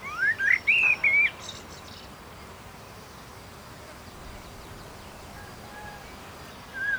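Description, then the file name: Common blackbird giving a short burst of mellow, fluty warbled notes in the first second, followed by quiet background hiss and one faint note at the end. "Turdus merula"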